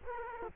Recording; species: mosquito wingbeat signal from an infrared sensor; Culex quinquefasciatus